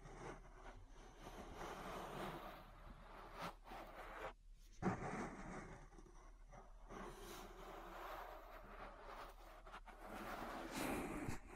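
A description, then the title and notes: An ear massage made of dense, rustling rubbing and brushing that runs almost without pause, with a low rumbling underneath. Short sweeps and scratchy strokes come and go, and there is a brief silence around four seconds, then a sharp tap. ASMR Relaxing Ear Massage. (No Talking).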